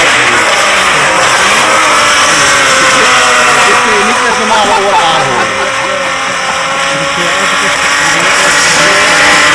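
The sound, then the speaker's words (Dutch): A car engine roars loudly and steadily throughout, its pitch wavering up and down as it revs, with faint voices murmuring underneath the engine noise. “Dit is een andere auto.”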